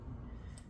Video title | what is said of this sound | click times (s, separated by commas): Lenovo Legion Y9000X 2021 Disassembly RAM SSD Hard Drive Upgrade Battery Replacement Repair | and slide your finger over the latch to latch it. There we go. | 0.6 s